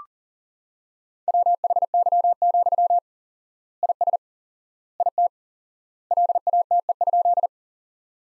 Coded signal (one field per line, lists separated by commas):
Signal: Morse code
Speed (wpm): 37 wpm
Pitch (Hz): 700 Hz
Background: none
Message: WHY, IS IT LATE?